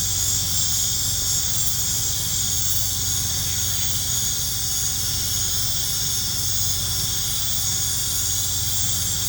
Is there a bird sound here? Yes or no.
no